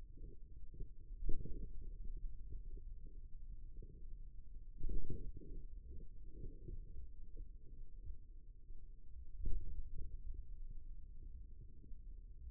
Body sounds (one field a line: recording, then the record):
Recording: forearm muscle sounds (acoustic myography)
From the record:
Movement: ulnar deviation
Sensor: system 2, bracelet of six BSWA MPA416 microphones around the upper forearm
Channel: 3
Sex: male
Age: 22 years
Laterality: right